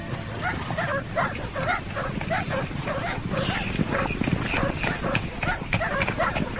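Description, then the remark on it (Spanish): A pack of hunting dogs on a hunt on the Monte de las Ánimas at nightfall barks and yelps continuously, many overlapping sharp barks in quick, uneven bursts, loud and steady throughout, with occasional higher whimpering yips mixed in. “¡Atad los perros!”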